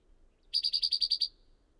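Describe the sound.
Bird song: a short, regular trill of eight bright, buzzy high-pitched notes, lasting under a second, in an otherwise quiet setting.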